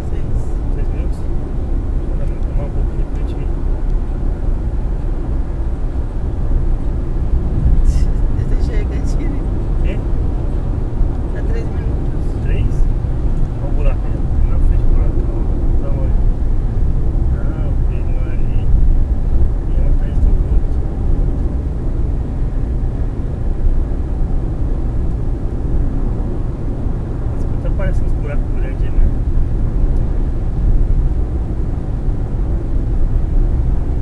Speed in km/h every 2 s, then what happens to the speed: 112, 112, 113, 114, 115, 116, 116, 112, 109, 109, 108, 108, 107, 106, 106, 106, 106.
0-12 steady at about 114. 12-16 slows to 109. 16-34 steady at about 107.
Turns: none.